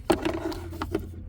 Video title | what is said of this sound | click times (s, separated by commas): Tacoma 3rd Gen basic maintenance. oil, oil filter, air and cabin filter change and maintenance reset | this cap one click two clicks | 0.1 s, 0.8 s